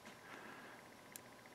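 A connector or board latch is pushed back into the chassis of a Harman Kardon SR600 receiver after that side had failed to latch, with faint ticking and steady background noise before it. A single sharp click at 1.2 s signals the latch clicking home and seating.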